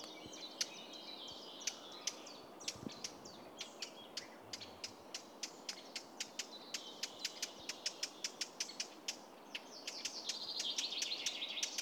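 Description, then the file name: Eurasian blackcap giving repeated clicking tacs, irregular at first then quickening, as other bird song grows louder toward the end. "Sylvia atricapilla"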